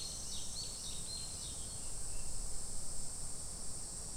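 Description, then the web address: Japanese tit calls: a quick run of about five thin, high notes sweeping downward in the first second and a half, over a constant shrill insect drone and low rumble. Recorded on 3 August 2013. "kotorinomori kotori shijukara"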